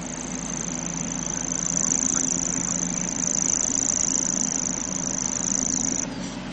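Grasshopper warbler song, a sustained high-pitched insect-like reel lasting about six seconds before stopping abruptly, over a low constant hum.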